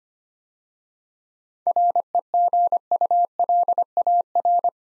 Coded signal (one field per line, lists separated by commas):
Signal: Morse code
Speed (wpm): 25 wpm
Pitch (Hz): 700 Hz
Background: none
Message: REGULAR